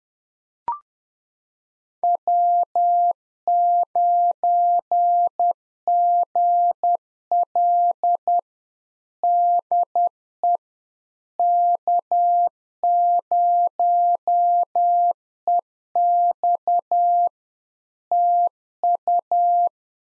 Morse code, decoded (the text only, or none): W9GL DE K0EX TU